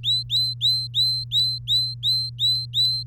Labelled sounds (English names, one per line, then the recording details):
Domestic Canary song
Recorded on 3 May 2018 at 13:38
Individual llb3